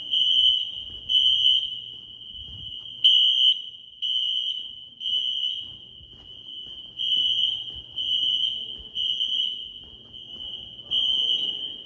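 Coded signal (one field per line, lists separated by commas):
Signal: alarm pattern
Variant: Wheelock NS horn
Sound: shrill electronic fire alarm horn near 3 kHz, pulsing louder about once each second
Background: faint room noise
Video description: Early 2000s fire alarm system using white wheelock NS horn strobes.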